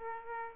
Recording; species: mosquito wingbeat signal from an infrared sensor; Aedes aegypti